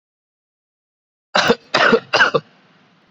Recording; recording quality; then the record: heavy voluntary cough; excellent, no background noise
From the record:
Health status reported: exposed to COVID-19, no respiratory illness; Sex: male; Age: 24 years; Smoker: no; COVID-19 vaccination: both doses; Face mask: worn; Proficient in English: yes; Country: India